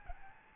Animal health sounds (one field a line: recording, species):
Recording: mosquito wingbeat signal from an infrared sensor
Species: Aedes albopictus